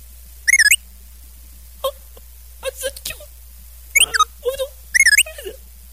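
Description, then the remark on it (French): The 'ARP R2 Whistle' phone ringtone from the RCP Tones set of 1960s-style ringtones: high, warbling electronic synthesizer trills in short repeated bursts, mixed with quick chirps and bleeps, playing alone without any talking. “C'est un petit ensemble de sonneries pour votre téléphone façon années 60.”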